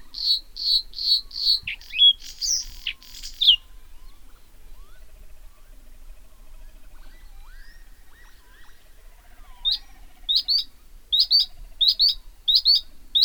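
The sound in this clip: Bluethroat song: quick ringing high notes and buzzy twangs, a long quiet pause with faint sounds, then paired sharp high notes repeated steadily.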